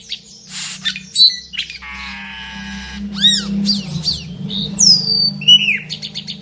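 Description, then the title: Asian glossy starling giving a rapid mix of sharp whistles, arched chirps and a harsh buzzy note, over a low background hum. Vigorous, active singing full of mimicked song fillings ('gacor full isian teler'). "Burung Cucak Keling Gacor Full Isian Teler"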